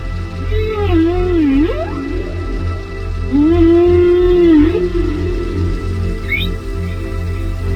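Whale moans: two long, wavering tonal cries that dip and rise, the second steadier, with a brief high chirp afterward and a continuous low rumble.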